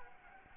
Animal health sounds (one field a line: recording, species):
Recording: mosquito wingbeat signal from an infrared sensor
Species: Anopheles gambiae